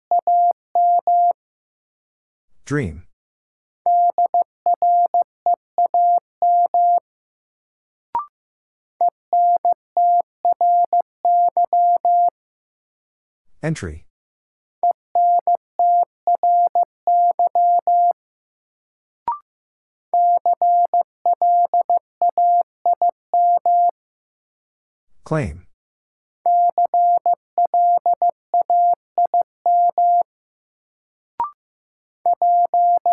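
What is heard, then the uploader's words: A word is sent in Morse code as a steady mid-pitched beep keyed on and off in quick dots and dashes. The same sequence repeats about every eleven seconds, each pass opening with a sharp sweeping click, with faint ticks in the pauses. Sentences from Top 1500 Words - New Word Drill - 15wpm. First, the word is sent in Morse code.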